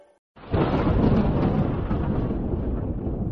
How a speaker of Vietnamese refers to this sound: Sấm chớp ầm ầm xé toạc màn trời, một ánh sáng trắng chớp liên hồi soi tỏ đường núi.